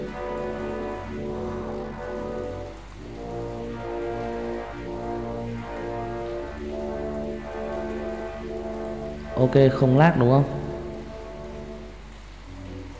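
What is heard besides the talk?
heavy rain outside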